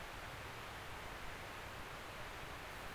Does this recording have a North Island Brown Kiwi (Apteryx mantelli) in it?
no